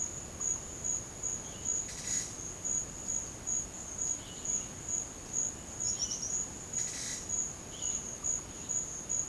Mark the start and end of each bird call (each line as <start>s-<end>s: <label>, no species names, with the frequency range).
1.70s-2.36s: bird call (1.4-8.2 kHz)
4.17s-4.74s: bird call (1.9-4.9 kHz)
5.84s-6.37s: bird call (4.4-6.8 kHz)
6.77s-7.26s: bird call (1.5-10.7 kHz)
7.65s-8.05s: bird call (2.0-3.8 kHz)